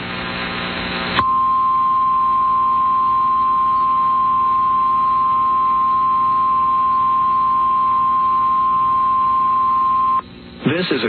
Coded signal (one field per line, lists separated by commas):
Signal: Emergency Alert System (SAME) tones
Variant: 1050 Hz attention tone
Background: speech